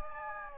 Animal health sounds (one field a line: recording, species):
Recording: mosquito wingbeat signal from an infrared sensor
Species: Anopheles gambiae